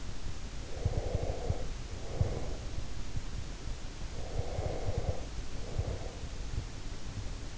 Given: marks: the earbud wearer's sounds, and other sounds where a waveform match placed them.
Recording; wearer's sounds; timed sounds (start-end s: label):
sounds in sleep by an in-ear microphone; breath
0.61-2.84 s: breath
4.08-6.38 s: breath